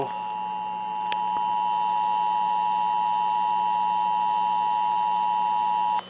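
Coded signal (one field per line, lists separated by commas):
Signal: Emergency Alert System (SAME) tones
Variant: 853 and 960 Hz attention tone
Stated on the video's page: Compilation of EAS test tones received in November 2022.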